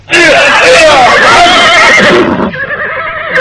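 A horse lets out a loud, quavering whinny that wavers up and down in pitch for a few seconds, then trails off into a thinner, fading neigh.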